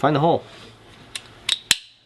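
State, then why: Seated. During reassembly of a RAP4 468 paintball marker, someone talks while an assembly pin is lined up and pushed through two pre-aligned holes in the marker's receiver. Two light metallic taps at about 1.2 s and 1.5 s are followed by the loudest sharp hit at 1.7 s, as the pin passes through both aligned holes and is seated.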